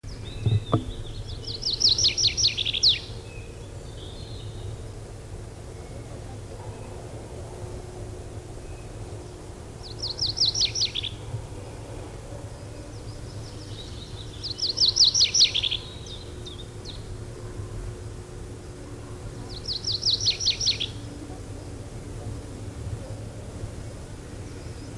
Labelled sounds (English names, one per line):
Tree Pipit song